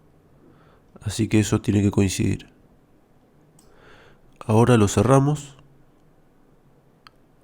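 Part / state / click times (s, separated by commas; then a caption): remote control module housing latch in car key shell / partly seated / 7.1 s. A Honda Accord key's plastic remote control module, with a new coin cell fitted, is closed by hand while someone talks. The housing latch snaps in on the first side with a sharp click at 7.1 s, and the second side has not clicked yet.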